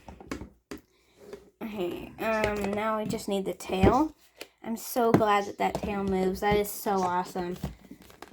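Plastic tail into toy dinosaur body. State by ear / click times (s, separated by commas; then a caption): not seated / none. A movable plastic tail is being pushed into a toy dinosaur body, with crinkling, small plastic taps and handling noises around someone talking. Nothing has seated or clicked yet; the tail is handled but not yet home.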